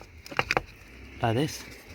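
A replacement plastic accelerator pedal assembly for a VW Golf, swapped out for a faulty one, is handled against its mounting base in the footwell, producing a few brief, sharp knocks at about 0.3, 0.4, 0.5 and 0.6 s. Someone talks near the end. Nothing has clipped or seated yet.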